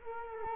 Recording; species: mosquito wingbeat signal from an infrared sensor; Culex quinquefasciatus